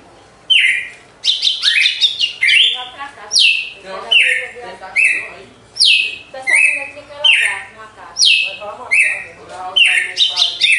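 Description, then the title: Red-cowled cardinal song: loud, clear whistled notes slurring downward, repeated many times, with quick twittering notes between them. Female singing after the moult; contest (disputa) song. "Canto Galo Campina Fêmea 02. GALO DE CAMPINA DEPOIS DA MUDA (disputa)"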